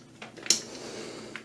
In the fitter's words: pointed towards the front of the device and you can drop it in there you'll hear it click when you press